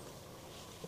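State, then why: Not seated. A new puddle light's socket is handled at the door-bottom lamp socket in the underside housing of a Tesla Model Y Juniper car door, where a spring-loaded plastic tab is meant to click it into place. Only low, steady handling noise is heard, with one slightly louder soft touch near 0.8 s. Nothing has seated or clicked yet.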